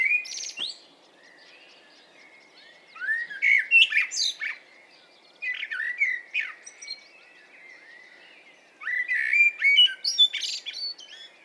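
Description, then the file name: Eurasian blackbird song: several phrases of fluted warbling mixed with high squeaky notes, separated by short silent pauses. "Turdus merula"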